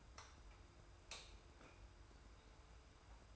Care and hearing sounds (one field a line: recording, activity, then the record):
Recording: daily activity, microphone in the room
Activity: light on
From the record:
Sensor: 2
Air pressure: 990.9 hPa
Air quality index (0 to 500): 121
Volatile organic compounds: 86 ppm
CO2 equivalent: 3655 ppm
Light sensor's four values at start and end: 25/60/24/24 and 30/78/31/31